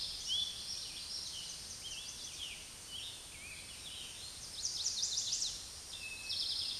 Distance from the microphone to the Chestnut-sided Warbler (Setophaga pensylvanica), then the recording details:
about 40 m. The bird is about 5 m above the microphone. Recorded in a Pennsylvania forest on 16 May 2024 at 06:15. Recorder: AudioMoth, point MSD-2083. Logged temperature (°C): 16.7 °C. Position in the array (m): 107 m, 6 m